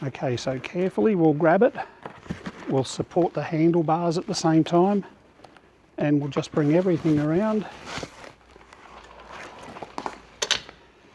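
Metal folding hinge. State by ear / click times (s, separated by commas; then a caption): seated / 10.4 s, 10.5 s. Someone talks while the folded frame of a Meet One Breeze Pro adult electric tricycle is swung open and brought around, with the handlebars supported, until the folding frame half meets the metal frame hinge. After a few softer knocks, the hinge engages with a sharp click at 10.4 s and 10.5 s, and the frame locks into place.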